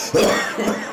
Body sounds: coughing mixed with background sound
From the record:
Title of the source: Spring Cold Coughing 3

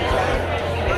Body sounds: background sound without coughing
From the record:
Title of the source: CITY SOUNDS Busy Bar in the Evening Night - 2 HOURS of Ambiance for Relaxation

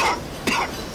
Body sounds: coughing mixed with background sound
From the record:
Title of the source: Coughing 60

